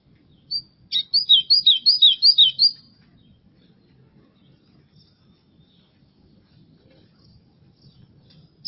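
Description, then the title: White-throated seedeater song, a short burst of rapid high whistled pairs lasting about two seconds, followed by long near-silence and a final single note. "Canto Do Golinha"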